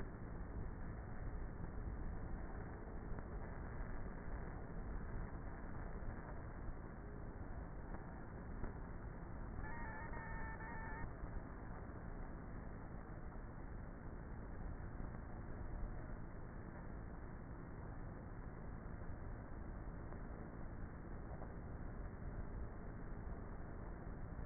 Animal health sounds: honeybee colony, microphone inside the hive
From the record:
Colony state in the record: queenless with a low population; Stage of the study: before two queens were removed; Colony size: about 30,000 bees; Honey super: no

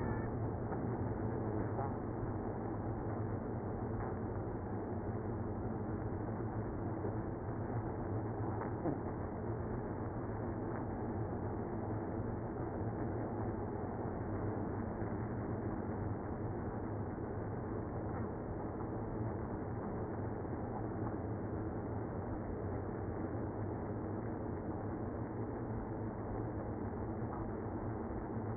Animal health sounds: honeybee colony, microphone inside the hive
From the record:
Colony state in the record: queenless (queen removed); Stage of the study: after two queens were removed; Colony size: about 60,000 bees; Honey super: yes

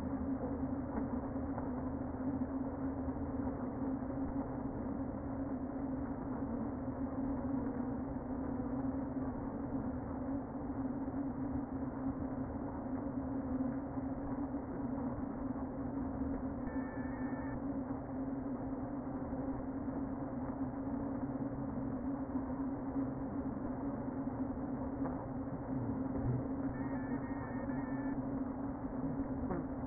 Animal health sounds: honeybee colony, microphone inside the hive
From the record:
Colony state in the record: queen present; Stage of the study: before two queens were removed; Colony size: about 60,000 bees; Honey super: yes

